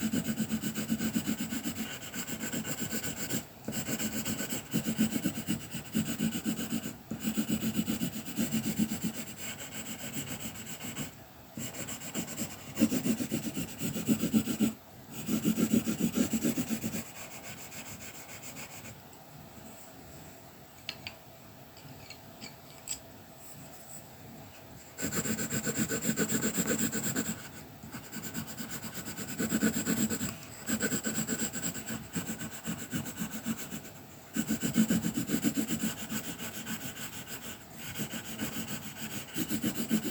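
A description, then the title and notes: Colouring pencils scratch and rub against paper in steady back-and-forth strokes, a dense, grainy rasp with a low papery body. The strokes come in bursts of a few seconds, with brief pauses between, and a quieter gap of lighter scratching around 19 to 25 seconds. Honing the tools of creativity, sharpening colour pencils before embarking on straight stripes - soothing sounds of colouring pencil work and paper massage for mindfulness, quiet reflection and possibly the unique sensation of ASMR.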